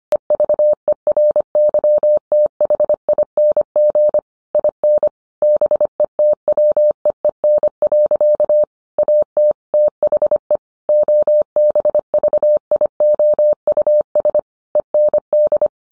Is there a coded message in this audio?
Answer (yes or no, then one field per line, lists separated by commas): yes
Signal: Morse code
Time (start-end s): 0.1-15.7 s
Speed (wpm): 25 wpm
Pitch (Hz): 600 Hz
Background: none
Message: EVERYTHING IN BETWEEN. AT THE OBVIOUS END